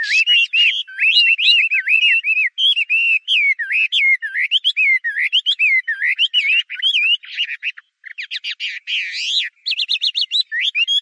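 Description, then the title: Chinese hwamei delivering loud, nearly continuous melodic song, with wavering whistled phrases and rapid repeated trills toward the end. "画眉鸟的叫声"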